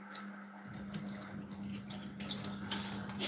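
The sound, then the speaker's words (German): Water is poured into a simmering sauce, a steady liquid splashing and bubbling with scattered sizzles over a low constant hum; no one speaks. “So, jetzt warte, jetzt muss ich noch mal ein bisschen Wasser reinmachen, hast du gesagt.”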